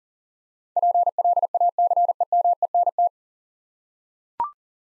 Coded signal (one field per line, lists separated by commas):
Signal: Morse code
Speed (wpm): 40 wpm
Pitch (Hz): 700 Hz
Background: none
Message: PLACEMENT